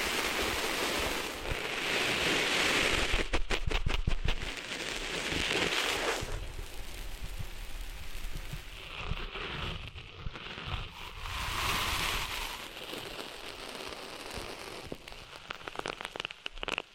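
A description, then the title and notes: Ear cleaning in an ASMR style, with dense gritty rustling and scratching like sand rubbed close against a microphone. Bursts of rapid crackling clicks come around 3–4 seconds and again near the end, while softer swishing strokes fill the middle. ASMR Cleaning Sand Out of Your Ears (No Talking).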